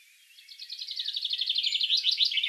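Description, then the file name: Common chaffinch song trill, a rapid series of repeated high notes growing louder. "Fringilla coelebs"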